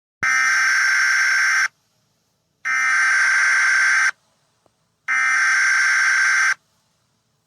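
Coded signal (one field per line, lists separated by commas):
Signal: Emergency Alert System (SAME) tones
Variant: header bursts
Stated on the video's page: Fictional EAS scenario about an eggdog invasion, not a real alert.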